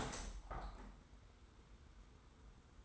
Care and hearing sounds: daily activity, microphone in the room; open window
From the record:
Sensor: 3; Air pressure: 990.3 hPa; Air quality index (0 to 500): 187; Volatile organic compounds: 1000 ppm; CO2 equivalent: 6080 ppm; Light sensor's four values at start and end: 34/79/32/30 and 33/78/32/30

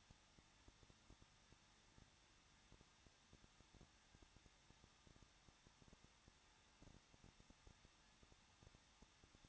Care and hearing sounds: daily activity, microphone in the room; no activity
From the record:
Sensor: 3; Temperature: 21.2 degrees Celsius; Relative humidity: 36.2%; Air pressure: 1006.4 hPa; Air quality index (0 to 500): 221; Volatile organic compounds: 40 ppm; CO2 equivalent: 3142 ppm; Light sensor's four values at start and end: 2/3/2/2 and 2/3/2/2

